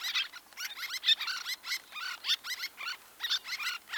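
Birds chirping, lively warbled phrases of quick high notes, swooping up and down, coming in close succession throughout.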